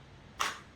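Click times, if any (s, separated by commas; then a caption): 0.4 s. A Springfield Armory XDM Elite 10mm pistol is pushed into a polymer inside-the-waistband holster and snaps into its retention with a sharp, bright click at 0.4 s that fades within about two tenths of a second over a quiet low background. The pistol is seated in the holster.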